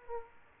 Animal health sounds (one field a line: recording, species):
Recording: mosquito wingbeat signal from an infrared sensor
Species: Aedes aegypti